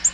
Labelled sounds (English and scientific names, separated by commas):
Black-throated Green Warbler (Setophaga virens) flight call